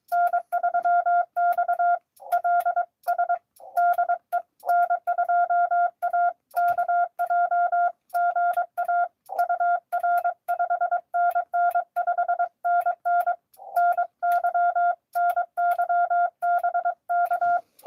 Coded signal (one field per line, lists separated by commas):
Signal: Morse code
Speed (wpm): 23 wpm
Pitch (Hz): 690 Hz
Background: none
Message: N3XLS DE N2AKJ GA UR 5NN 5NN NY NY BK